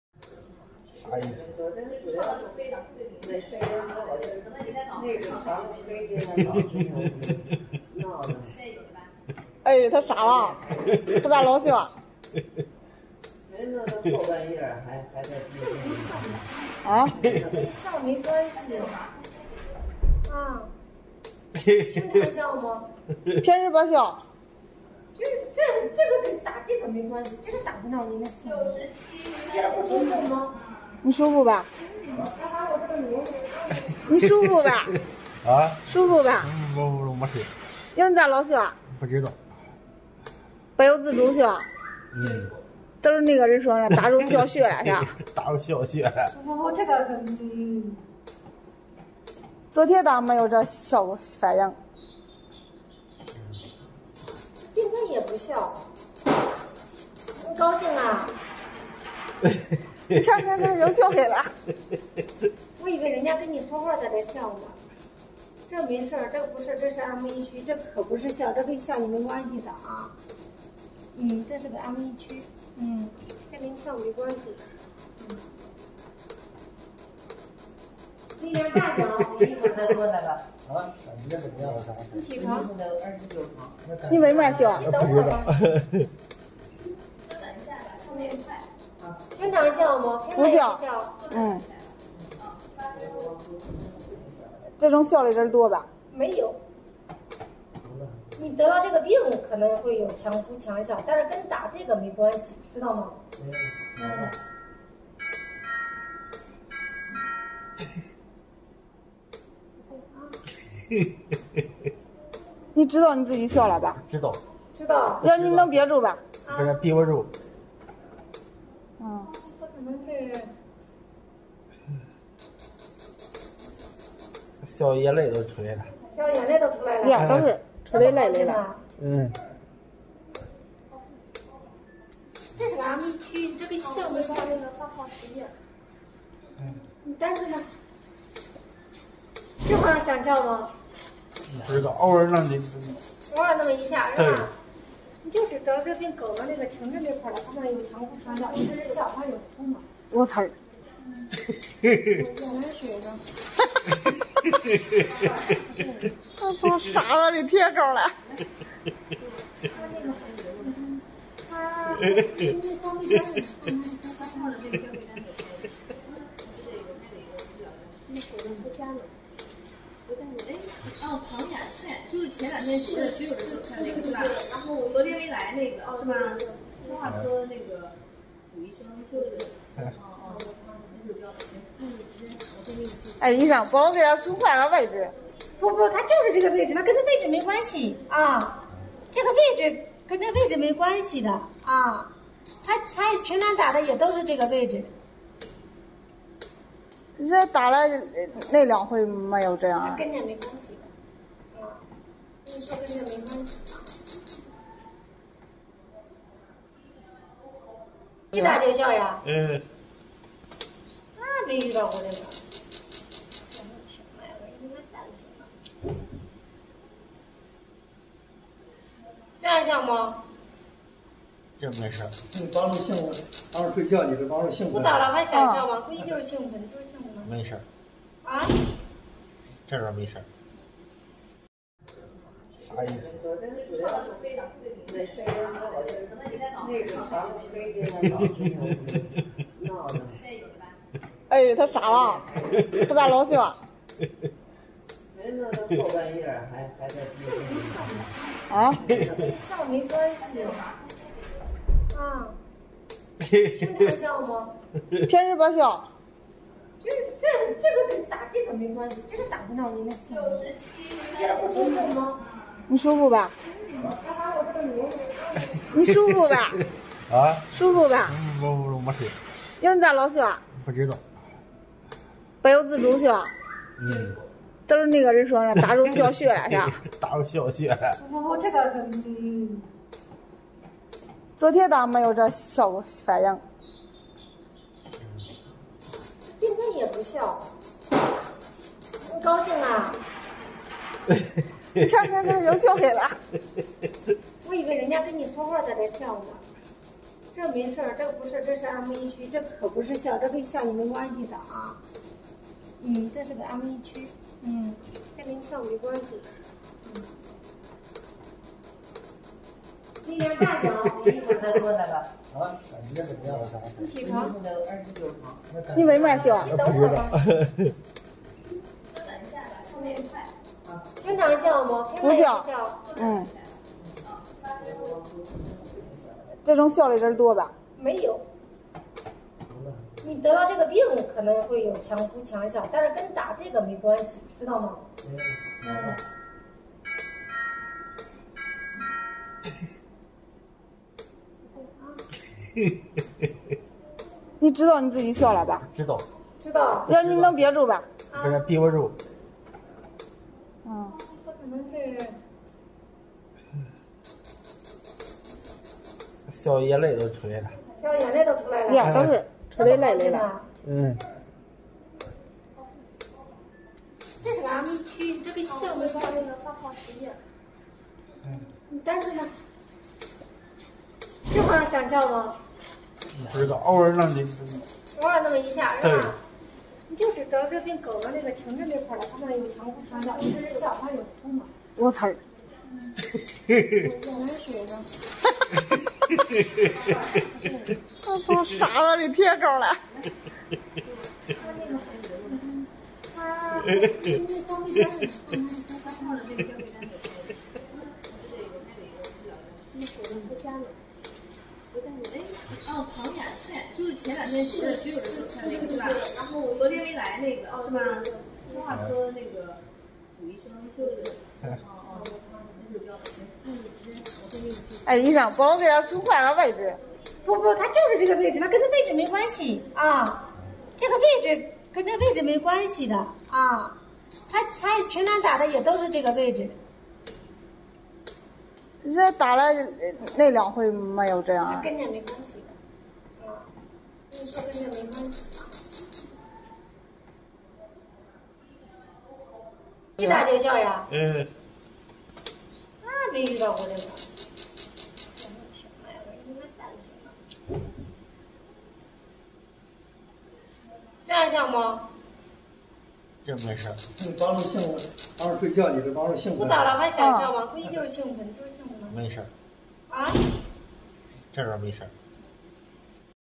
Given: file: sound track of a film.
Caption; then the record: When the coil was repositioned to the left prefrontal cortex, the laughter ceased. Upon reapplication to the left M1, the laughter promptly recurred, demonstrating a clear stimulus-site-specific relationship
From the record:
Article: Ictal laughter induced by repetitive transcranial magnetic stimulation in stroke patients: a case series